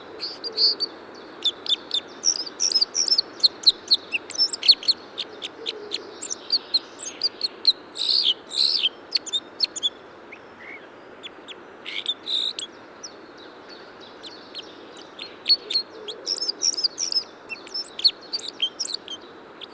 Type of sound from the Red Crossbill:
song